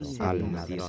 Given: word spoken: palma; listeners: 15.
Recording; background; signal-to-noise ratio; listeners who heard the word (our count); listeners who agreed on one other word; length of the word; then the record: one Spanish word in noise, from a listening test; four-talker babble; -0.2 dB; 0 of 15; 9 of 15; 0.49 s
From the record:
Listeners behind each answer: 9, 2, 1, 1, 1, 1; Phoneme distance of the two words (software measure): 7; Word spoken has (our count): 2 syllables, 5 phonemes, stress on syllable 1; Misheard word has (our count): 2 syllables, 4 phonemes, stress on syllable 1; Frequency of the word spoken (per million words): 28.44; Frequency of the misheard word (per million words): 87.55